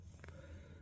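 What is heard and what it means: The lid of a small antique jewelry box with a silk-padded lining is shut, and its clasp latches with two quick, light clicks at 0.2 and 0.3 seconds over a low steady background hum. The clasp snaps securely shut with a crisp, satisfying little click like a pocket watch.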